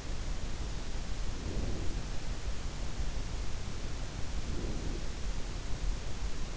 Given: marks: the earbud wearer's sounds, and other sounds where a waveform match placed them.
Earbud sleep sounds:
sounds in sleep by an in-ear microphone; breath
1.04-2.22 s: breath
4.26-5.33 s: breath

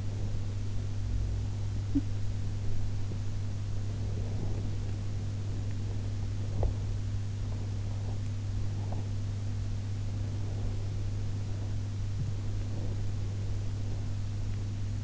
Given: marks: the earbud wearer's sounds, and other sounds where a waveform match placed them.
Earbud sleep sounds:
sounds in sleep by an in-ear microphone; body movement, talking in sleep, teeth grinding
0.00-15.04 s: body movement
1.84-2.08 s: talking in sleep
6.47-6.77 s: teeth grinding

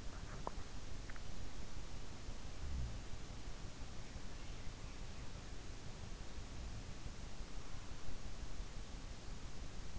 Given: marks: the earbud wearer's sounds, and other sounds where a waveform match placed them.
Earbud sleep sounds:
sounds in sleep by an in-ear microphone; teeth grinding
0.00-1.06 s: teeth grinding

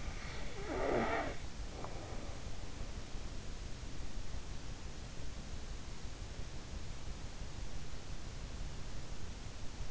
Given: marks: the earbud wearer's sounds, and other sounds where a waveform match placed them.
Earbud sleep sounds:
sounds in sleep by an in-ear microphone; snoring breath
0.00-2.94 s: snoring breath

